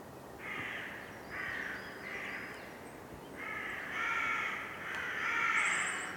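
Crow giving a series of hoarse caws, several short calls early then a louder, longer burst of cawing toward the end, with low background hiss.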